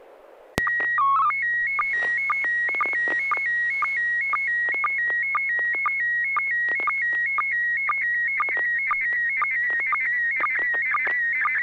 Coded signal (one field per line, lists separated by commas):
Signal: SSTV (slow-scan television)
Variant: PD 120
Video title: N6NA SSTV Net - 02/16/2022